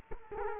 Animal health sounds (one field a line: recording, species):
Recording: mosquito wingbeat signal from an infrared sensor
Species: Culex quinquefasciatus